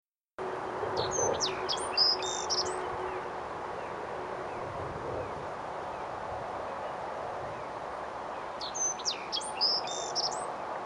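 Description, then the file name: Black-faced bunting song: two short, high, sharp phrases of quick varied notes, one near the start and one near the end, over steady broad background noise. Recorded 22 May 2018. "sedogolovayaovs 22052018"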